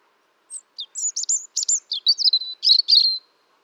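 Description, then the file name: European robin singing a single phrase of thin, high, varied notes, sliding whistles and twittery trills, ending in a fast run; quiet background. "Erithacus rubecula"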